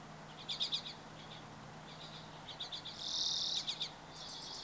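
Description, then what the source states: Bird song of short high trilled bursts, repeated with brief gaps, and one sustained hissing buzz midway, over a faint low hum. Birds recorded on 24 April 2023.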